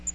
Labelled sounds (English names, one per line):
Magnolia Warbler flight call